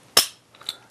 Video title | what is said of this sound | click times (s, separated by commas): Fit 4 You - 4/2015 | a nine and a half degree loft and then you'll hear a little click | 0.2 s